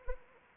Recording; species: mosquito wingbeat signal from an infrared sensor; Anopheles arabiensis